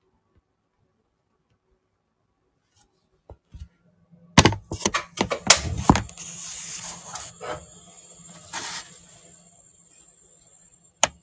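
Kitchen tidying: near-silence, then scattered clicks around 3.5 seconds, a burst of clattering and rattling from 4.5 to 6 seconds, a low hum, and a final clack.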